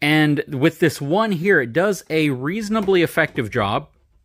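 Someone talks about a newly installed 30 lb magnetic catch, with its metal plate, that replaced the original catch on an RV cabinet door; the catch holds about the same as the old one. Only speech is heard, and nothing has seated or clicked yet.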